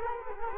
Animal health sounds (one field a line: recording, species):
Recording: mosquito wingbeat signal from an infrared sensor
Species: Culex quinquefasciatus